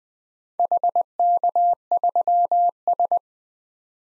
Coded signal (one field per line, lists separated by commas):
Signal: Morse code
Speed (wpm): 20 wpm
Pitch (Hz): 700 Hz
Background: none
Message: HK3S